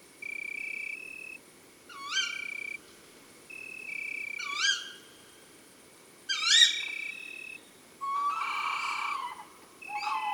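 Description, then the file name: Tawny owl giving sharp, hoarse upslurred calls about every two seconds, with a steady high tone droning on and off behind. Female. "Chouette hulotte femelle Chants doiseaux des bois et des forets"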